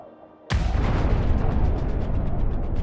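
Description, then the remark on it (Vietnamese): A single loud explosion on Cai Kinh mountain bursts out after a brief quiet hum, then a dense, rumbling roar of debris and crackling sustains at full loudness without fading. “Tiếng nổ lớn làm chấn động cả núi Cai Kinh.”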